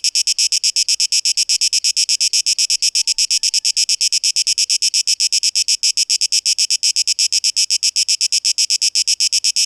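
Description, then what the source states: Cicada song, a harsh high buzz pulsing rapidly and steadily, unbroken throughout. Recorded 12 August 2023; tape-echo-processed mix.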